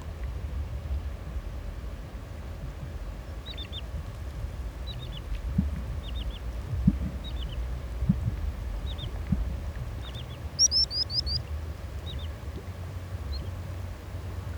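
A steady low rumble, like a passing engine or motor, fills the whole stretch with uneven thumps in the bass. Above it, small birds give short high chirps every second or so, with a brighter cluster of quick calls near eleven seconds.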